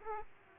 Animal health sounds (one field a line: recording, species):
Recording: mosquito wingbeat signal from an infrared sensor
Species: Aedes aegypti